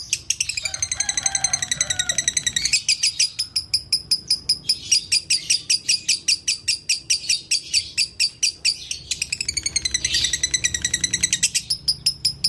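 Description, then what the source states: Canary delivering dense buzzy trills alternating with runs of sharp repeated chirps, the phrases changing every few seconds in a continuous, energetic stream. Long-duration canary song, masteran for training other songbirds.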